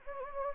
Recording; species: mosquito wingbeat signal from an infrared sensor; Anopheles gambiae